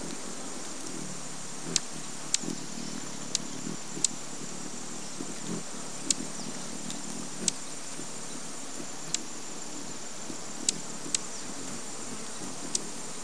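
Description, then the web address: Horned sungem calls: sharp, high, very short ticks given singly at irregular intervals, over a steady high insect drone and a low rumble. "sound Horned-Sungem. صدای-پرنده-خورشیدنگین-شاخدار"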